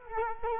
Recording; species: mosquito wingbeat signal from an infrared sensor; Culex quinquefasciatus